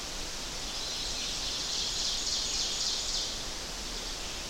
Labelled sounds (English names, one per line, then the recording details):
Ovenbird song
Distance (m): 55 m
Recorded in boreal forest in Alberta, Canada, on 10 June 2016 at 06:55
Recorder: SongMeter 3, array SBT-3-39
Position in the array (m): 198 m, 75 m
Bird 17